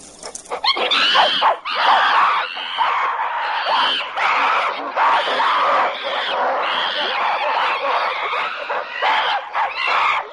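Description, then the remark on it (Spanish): A group of apes at a waterhole screech and shriek aggressively as they notice a rival ape family threatening them, in overlapping, high-pitched bursts, a loud, chaotic chorus of cries that continues almost without pause. “Los que estaban bebiendo se dan cuenta de la amenaza y comienzan a chillar.”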